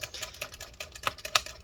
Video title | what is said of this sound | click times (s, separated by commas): Lenovo ThinkPad X1 Carbon Gen 3 3rd Generation Disassembly SSD Upgrade LCD Hinge Antenna Repair | so you hear it click and that's how you know you took it out all the way all right okay | 1.4 s